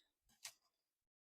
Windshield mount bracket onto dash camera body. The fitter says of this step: this just slides in and locks into place